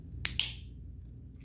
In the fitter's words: and close it shut and you'll hear a snap